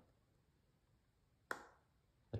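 A screw is turned in reverse against the thread of an old plastic NES controller shell, and a sharp little click rings out at 1.5 s as the screw end drops into the start of the existing thread. It is seated, so it will go in without cutting new plastic. A second, quieter tap follows near 2.3 s over a faint steady hiss.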